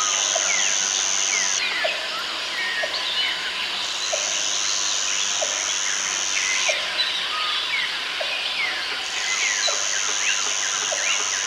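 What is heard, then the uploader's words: Jungle sounds form a dense, steady wash of insect buzzing and many overlapping bird chirps and whistles. A high, piercing insect drone switches on and off in long stretches, while soft low calls repeat about once a second beneath the busy chorus. Jungle Sounds White Noise.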